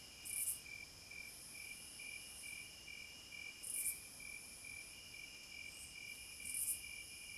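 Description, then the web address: Cicada call: a steady high insect drone with a few short, loud shrill bursts at uneven intervals, over a pulsing lower chirping. "Sounds of Nature Collection 30 Cicadas"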